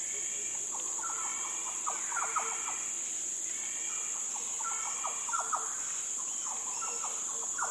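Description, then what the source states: Yellow oriole calls: repeated fluty multi-note phrases over a continuous high-pitched hiss. Several yellow orioles giving fluty sounds.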